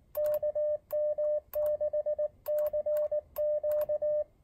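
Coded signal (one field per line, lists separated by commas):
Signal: Morse code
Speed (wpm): 19 wpm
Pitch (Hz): 600 Hz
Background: radio noise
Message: KM6CQ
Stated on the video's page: Elecraft AX1 portable QRP antenna.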